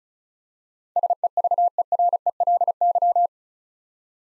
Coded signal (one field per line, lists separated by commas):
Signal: Morse code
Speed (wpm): 36 wpm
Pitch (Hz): 700 Hz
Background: none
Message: SEVERELY